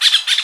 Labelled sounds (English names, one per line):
Brown-throated Parakeet contact call